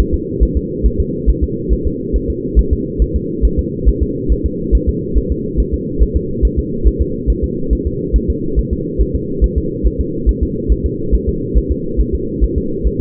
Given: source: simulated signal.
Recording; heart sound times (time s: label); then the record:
fetal heart sounds
0.00 s: S1
0.14 s: S2
0.43 s: S1
0.57 s: S2
0.86 s: S1
1.00 s: S2
1.30 s: S1
1.44 s: S2
1.73 s: S1
1.87 s: S2
2.16 s: S1
2.30 s: S2
2.59 s: S1
2.73 s: S2
3.02 s: S1
3.16 s: S2
3.45 s: S1
3.59 s: S2
3.89 s: S1
4.03 s: S2
4.32 s: S1
4.46 s: S2
4.75 s: S1
4.89 s: S2
5.18 s: S1
5.32 s: S2
5.60 s: S1
5.74 s: S2
6.03 s: S1
6.17 s: S2
6.45 s: S1
6.59 s: S2
6.88 s: S1
7.02 s: S2
7.30 s: S1
7.44 s: S2
7.73 s: S1
7.87 s: S2
8.16 s: S1
8.30 s: S2
8.59 s: S1
8.73 s: S2
9.01 s: S1
9.16 s: S2
9.44 s: S1
9.58 s: S2
9.87 s: S1
10.01 s: S2
10.29 s: S1
10.43 s: S2
10.72 s: S1
10.86 s: S2
11.15 s: S1
11.29 s: S2
11.58 s: S1
11.72 s: S2
12.01 s: S1
12.15 s: S2
12.44 s: S1
12.58 s: S2
12.87 s: S1
13.01 s: S2
From the record:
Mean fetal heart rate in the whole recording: 140 bpm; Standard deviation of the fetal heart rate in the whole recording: 2 bpm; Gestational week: 34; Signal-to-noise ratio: -6.6 dB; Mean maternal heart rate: 72 bpm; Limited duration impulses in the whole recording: present